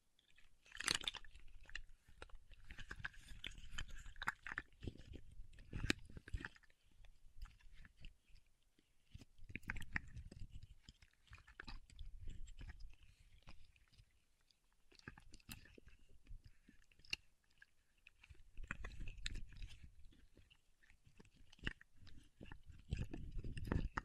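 Paraffin wax being peeled, tapped and scratched, heard as crackly, crunchy bursts that come in uneven clusters. Dense scraping stretches alternate with brief quiet gaps, and sharp clicking taps stand out throughout, with a low rustle beneath the brighter crackle.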